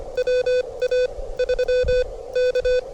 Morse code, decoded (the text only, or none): WA3K